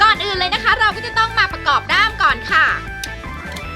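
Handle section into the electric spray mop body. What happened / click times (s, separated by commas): Handle section being handled, not yet seated in the mop body / none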